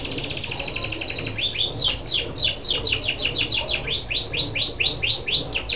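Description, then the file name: Lancashire canary song opening with a quick buzzy trill, then a steady series of many high falling whistled notes. "canto do canario lancashire"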